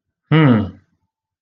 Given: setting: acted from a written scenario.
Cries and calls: vocal sound without words; confusion

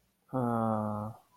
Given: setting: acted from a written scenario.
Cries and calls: vocal sound without words; negative surprise

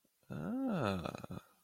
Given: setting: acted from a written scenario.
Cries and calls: vocal sound without words; romantic love

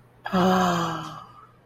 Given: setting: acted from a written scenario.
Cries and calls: vocal sound without words; desire

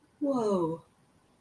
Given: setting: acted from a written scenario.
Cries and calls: vocal sound without words; amusement

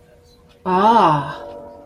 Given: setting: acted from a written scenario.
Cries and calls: vocal sound without words; interest

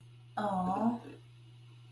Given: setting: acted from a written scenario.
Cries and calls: vocal sound without words; disappointment

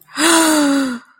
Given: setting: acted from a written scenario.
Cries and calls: vocal sound without words; distress

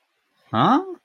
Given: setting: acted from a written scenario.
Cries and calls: vocal sound without words; confusion

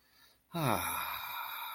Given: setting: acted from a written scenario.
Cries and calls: vocal sound without words; serenity

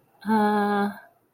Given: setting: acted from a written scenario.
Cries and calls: vocal sound without words; confusion

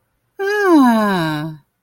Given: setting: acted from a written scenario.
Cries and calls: vocal sound without words; adoration

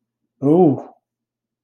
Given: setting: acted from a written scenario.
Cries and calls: vocal sound without words; fear

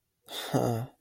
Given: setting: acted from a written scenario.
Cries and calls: vocal sound without words; embarrassment

